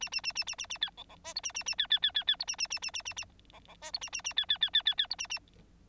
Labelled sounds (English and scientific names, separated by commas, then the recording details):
Bengalese Finch (Lonchura striata domestica) song
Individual Bird9